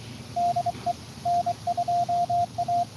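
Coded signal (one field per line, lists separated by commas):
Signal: Morse code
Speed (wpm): 23 wpm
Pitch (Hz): 700 Hz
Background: radio noise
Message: DE N2A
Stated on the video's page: Live Parks on the Air activation at Belmont Lake State Park on 14.056.5 MHz CW.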